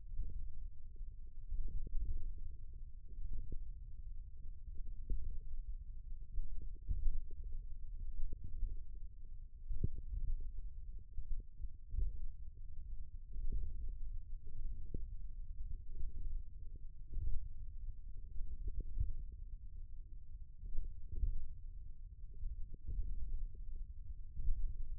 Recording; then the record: forearm muscle sounds (acoustic myography)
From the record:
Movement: finger pinch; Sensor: system 1, eight BSWA MPA416 microphones around the upper forearm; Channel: 6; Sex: male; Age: 28 years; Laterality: right